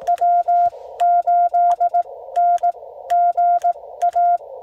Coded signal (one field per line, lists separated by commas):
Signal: Morse code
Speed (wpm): 17 wpm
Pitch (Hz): 700 Hz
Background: none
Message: W8NGA